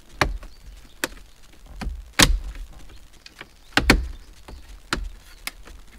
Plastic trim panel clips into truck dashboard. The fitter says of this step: you're gonna be nice and gentle with it you're gonna hear all the snaps go in and